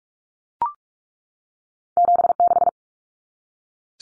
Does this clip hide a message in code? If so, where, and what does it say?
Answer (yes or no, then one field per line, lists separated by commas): yes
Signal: Morse code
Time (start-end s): 2.0-2.7 s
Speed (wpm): 44 wpm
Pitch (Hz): 700 Hz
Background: none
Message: 76